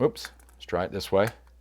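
Someone talks while handling a larger Garmin 800 GPS bike computer, turning it to try fitting it the other way onto the plastic cradle of a RockBros out-front handlebar mount. Nothing has seated or clicked onto the mount yet.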